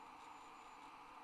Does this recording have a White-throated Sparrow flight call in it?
no